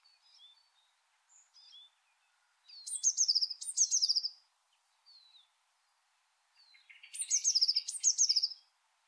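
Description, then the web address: Bird calls: faint soft high notes, then two loud bursts of sharp descending chirps, more faint notes, and another pair of bright chirp bursts near the end. "cianscape. Deverinetal 2025. Bird Only"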